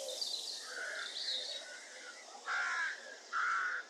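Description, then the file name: Crows give two loud hoarse caws near the end after softer calls, with continuous background noise throughout. Crows at Market Weighton on 7 June 2014. "Crows Market Weigton 07 june 2014"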